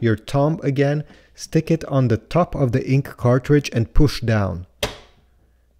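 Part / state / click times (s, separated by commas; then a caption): ink cartridge out of printer carriage slot / released / 4.8 s. Someone talks while a thumb presses down on top of a plastic ink cartridge installed in the carriage of an HP Deskjet 4155e / 4100 Series printer. A short, sharp click at 4.8 s is heard as the latch releases, unlatching the cartridge from the carriage so it can slide out of its slot.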